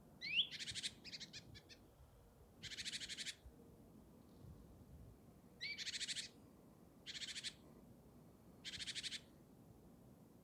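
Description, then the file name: Great tit scolding: buzzy rattling churrs separated by pauses, some opening with a quick rising whistled note. "Parus major"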